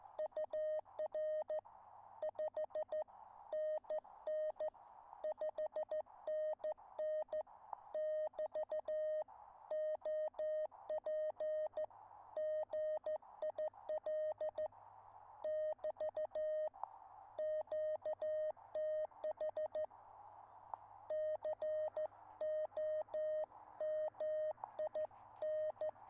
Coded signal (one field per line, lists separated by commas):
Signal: Morse code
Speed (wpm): 14 wpm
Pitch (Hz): 620 Hz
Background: none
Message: UR 5NN 5NN <BT> OP GIL <BT> QTH COMIN